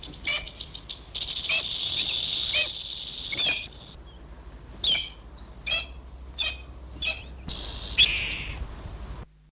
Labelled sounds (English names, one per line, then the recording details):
Red-tailed Hawk call
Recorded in the wild
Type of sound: call
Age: adult
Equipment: Halbspur, 9,5 cm/s
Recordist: Lütgens, Hans
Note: Angriff auf Klapperschlange